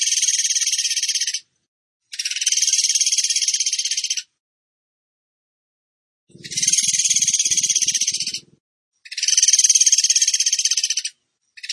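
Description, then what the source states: Bird song of repeated high buzzy trills, each about two seconds long, separated by silent gaps, with a faint low rumble during one of them. Masteran (training) song in the 'tembakan gacor' style.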